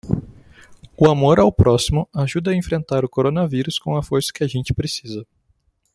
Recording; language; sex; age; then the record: spoken sentence; Brazilian Portuguese; male; 20 to 29 years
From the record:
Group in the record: control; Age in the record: 25 years